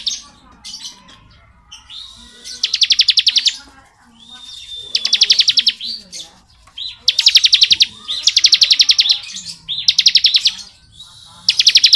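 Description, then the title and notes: Bar-winged prinia delivering a series of rapid high trills, each a dense run of identical notes, starting after quieter chirping and repeating steadily. Song in the ngebren style, used as tutor audio for training murai batu songbirds. "Ciblek Ngebren Untuk Masteran Murai Batu. Suara burung ciblek - Suara Nada"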